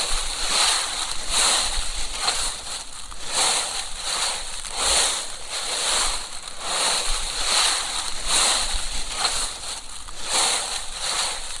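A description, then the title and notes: Dry autumn leaves crunch and rustle in steady repeating bursts about twice a second, crisp and bright with a constant hiss underneath. Autumn leaves. Dry London plane, oak, and maple leaves recorded by Dan Bodah on Argyle Road in Brooklyn, NY, November 2008.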